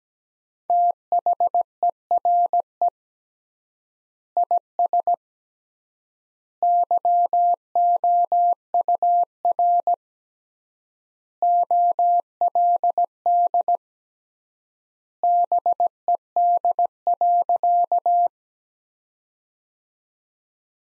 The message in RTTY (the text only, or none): none